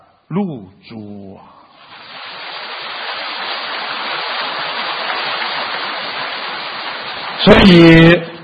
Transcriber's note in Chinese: 掌声